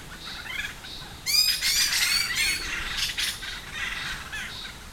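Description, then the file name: Buffy laughingthrush bursting into loud, harsh, rapid chatter after a quieter start, then trailing off into scattered harsh notes. "laughingthrush-buffy Garrulax-berthemyi"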